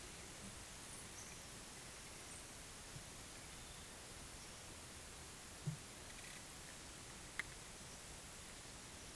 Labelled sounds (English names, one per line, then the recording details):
none
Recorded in pastures near Puerto Asís, Putumayo, Colombia, on 29 June 2025 at 10:30
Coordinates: 0.486, -76.323
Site H29